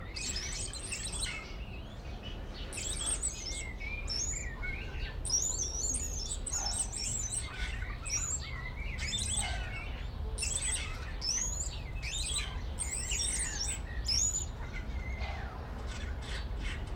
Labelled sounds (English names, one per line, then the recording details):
Wattled Starling
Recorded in captivity
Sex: male
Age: adult
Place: Zoo Berlin, Berlin, DE
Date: 1994-04-02 11:45
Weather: wolkig bis heiter, 8-10°C
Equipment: Marantz CP 430, Sennheiser ME 80, Kopie Uher Variocord 263
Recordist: Tembrock, Günter